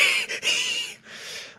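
Two short airy breath bursts followed by a softer, longer exhalation, all hissy and high-pitched with a faint whistling tone running through them. An adult's wheezy breath during laughter, his own lungs wheezing; fits lung wheezing.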